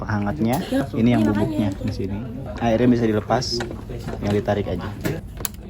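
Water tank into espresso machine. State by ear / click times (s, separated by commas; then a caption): seated / 5.5 s. Someone talks while pulling the removable water tank out of a Beko CEG7348X espresso machine and pushing it back in. A sharp click at 5.5 s confirms the tank has seated, and once it clicks, the machine's light comes on.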